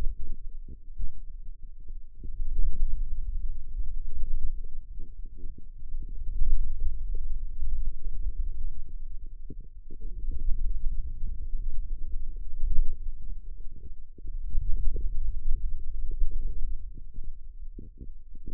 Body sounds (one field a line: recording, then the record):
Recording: forearm muscle sounds (acoustic myography)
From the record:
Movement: hand closing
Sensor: system 2, bracelet of six BSWA MPA416 microphones around the upper forearm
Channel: 6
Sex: female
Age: 21 years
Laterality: right